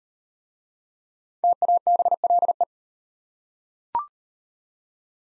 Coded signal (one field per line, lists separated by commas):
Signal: Morse code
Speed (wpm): 37 wpm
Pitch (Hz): 700 Hz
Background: none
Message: TABLE